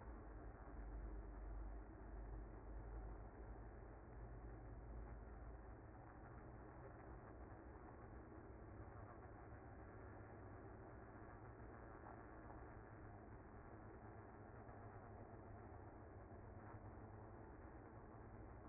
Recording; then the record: honeybee colony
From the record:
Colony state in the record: active